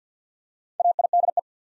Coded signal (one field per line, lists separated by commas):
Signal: Morse code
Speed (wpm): 48 wpm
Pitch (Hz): 700 Hz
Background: none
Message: AIDE